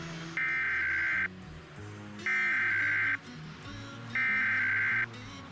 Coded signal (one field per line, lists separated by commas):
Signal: Emergency Alert System (SAME) tones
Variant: header bursts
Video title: Back At New Jersey...EAS Tests from July 21, 2020 (EAS #204-207)